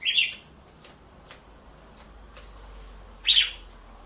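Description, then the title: Red-cowled cardinal with two short, harsh notes at the start and near the end, over a faint hiss and scattered clicks. Female red-cowled cardinal song used to warm up males, with a beat of two males. "Canto Galo Campina Fêmea 01. ESQUENTE GALO DE CAMPINA COM BATIDA DE DOIS MACHOS"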